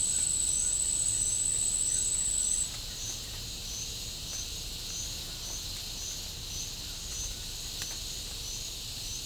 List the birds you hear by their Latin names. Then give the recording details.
none. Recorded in pastures near Puerto Asís, Putumayo, Colombia, on 21 December 2024 at 11:30. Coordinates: 0.496, -76.326. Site G004